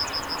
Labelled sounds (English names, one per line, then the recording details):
Yellowhammer song
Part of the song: start
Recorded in the Czech Republic on 23 May 2013
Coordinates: 50.114, 14.925
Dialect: MixB
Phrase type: C1
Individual 299175